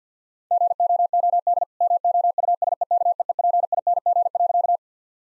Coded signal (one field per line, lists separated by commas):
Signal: Morse code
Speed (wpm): 50 wpm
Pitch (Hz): 700 Hz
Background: none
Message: GOOD MOUSEKEEPING.